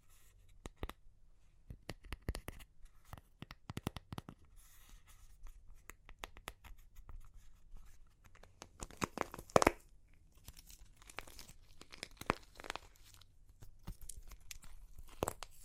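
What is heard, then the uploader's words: Dry clay cracks and crunches in dense irregular bursts of sharp snaps, busiest around two to four and nine to ten seconds. Super Crunchy Clay Cracking (No Talking).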